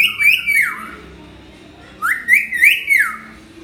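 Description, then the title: Hill myna whistles, a short whistled phrase, a pause, then a quick run of several whistles. Tutor recording of a vocal hill myna used for training other birds to sing. "Suara Burung Beo Gacor Cocok Untuk Masteran"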